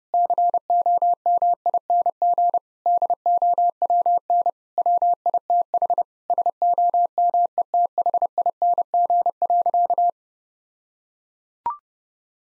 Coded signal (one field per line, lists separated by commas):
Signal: Morse code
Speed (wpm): 30 wpm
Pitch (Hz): 700 Hz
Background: none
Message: COMING DOWN WITH SOMETHING.